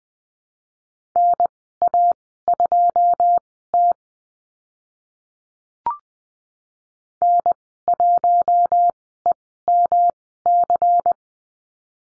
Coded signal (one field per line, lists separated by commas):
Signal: Morse code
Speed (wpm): 20 wpm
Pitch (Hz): 700 Hz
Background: none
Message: NA2T N1EMC